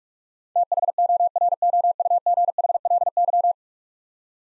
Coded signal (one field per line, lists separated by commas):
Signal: Morse code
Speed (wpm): 46 wpm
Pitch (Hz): 700 Hz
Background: none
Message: THOROUGHLY